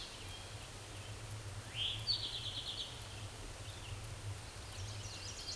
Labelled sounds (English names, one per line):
Eastern Towhee song